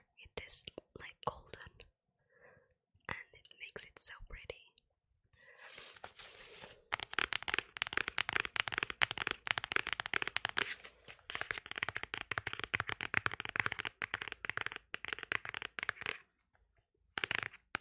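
Hardcover notebooks are tapped, beginning with scattered separate knocks and a few soft rubbing sounds for the first six seconds. From about seven seconds the taps turn into a fast, dense, papery rattle that carries on until around sixteen seconds. A short pause follows, then a final burst of taps.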